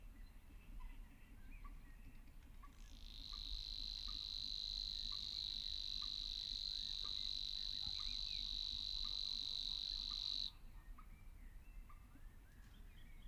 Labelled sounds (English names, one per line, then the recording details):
Savi's Warbler song
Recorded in the wild
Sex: male
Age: adult
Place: Kützerhof, Kummerower See, Mecklenburg-Vorpommern, DE
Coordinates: 53.8561, 12.8606
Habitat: wetland
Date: 2009-05-07 21:05
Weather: overcast, ca. 10°C, no wind
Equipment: Sound Devices 702, Sennheiser MKH 70, Rycote Windschutz
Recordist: Frommolt, Karl-Heinz